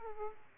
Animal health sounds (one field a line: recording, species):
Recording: mosquito wingbeat signal from an infrared sensor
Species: Aedes aegypti